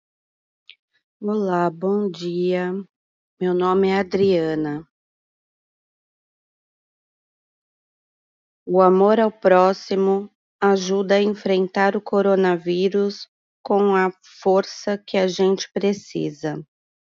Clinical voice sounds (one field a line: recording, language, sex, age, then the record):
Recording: spoken sentence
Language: Brazilian Portuguese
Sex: female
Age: 40 to 49 years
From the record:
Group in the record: control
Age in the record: 48 years